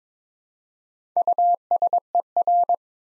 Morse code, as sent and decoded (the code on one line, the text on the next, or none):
..- ... . .-.
USER